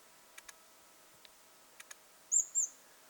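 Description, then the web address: Great tit calls: a few faint ticking clicks, then two loud, high, thin notes close together near the end. Young bird calling, recorded 21 July 2026. "paivat 21 7 2026 kuvien nuori talitiainen aantelee"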